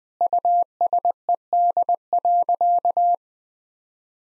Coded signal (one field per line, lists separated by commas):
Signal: Morse code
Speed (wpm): 20 wpm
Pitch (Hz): 700 Hz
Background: none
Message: USED.